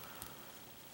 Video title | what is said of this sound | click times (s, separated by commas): Toy Spot - Hasbro Transformers Generations Autobot Scoop | and they just snap into place like so so there you have | 0.2 s